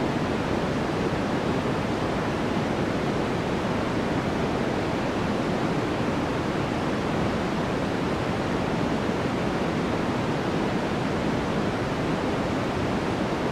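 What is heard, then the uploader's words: A steady white noise hiss fills all fourteen seconds, dense and unchanging from start to finish. It spreads evenly from low rumble up to bright treble, with no separate events, pauses or background sounds, resembling a constant rushing waterfall. Some nice white noise.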